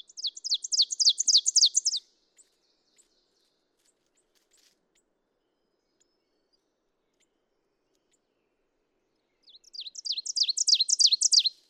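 Two Ovenbird songs, each a fast repeated series of piercing two-part phrases growing louder, separated by several seconds of near silence with a couple of faint chips.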